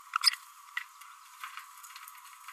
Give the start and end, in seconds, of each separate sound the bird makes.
0.23-0.30, 0.77-0.79